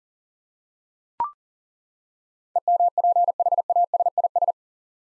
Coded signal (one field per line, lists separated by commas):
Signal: Morse code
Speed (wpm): 40 wpm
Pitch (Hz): 700 Hz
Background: none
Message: EMPHASIS